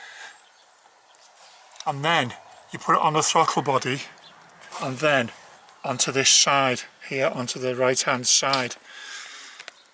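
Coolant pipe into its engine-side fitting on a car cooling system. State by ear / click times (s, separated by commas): seated / 9.7 s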